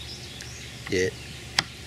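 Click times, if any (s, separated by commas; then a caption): 1.6 s. A homemade slotted plastic key, given a bump with aluminum tape, is slid around the pull pin of the motor tilt lock on a kayak's electric outboard motor mount. Someone talks briefly, then a sharp click at 1.6 s marks the key popping into place, where it is held pinched under a bar.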